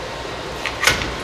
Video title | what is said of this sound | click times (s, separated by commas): Unboxing an ELECTRIC conversion kit for our pit bike + ArcDroid Demo! | Yeah, that's super simple. Lock into place. | 0.7 s